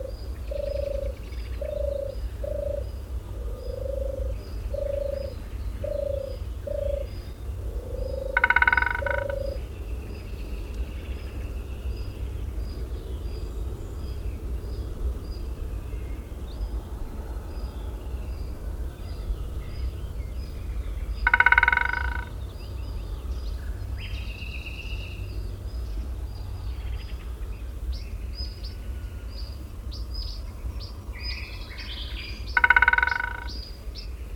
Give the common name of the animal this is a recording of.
Syrian Woodpecker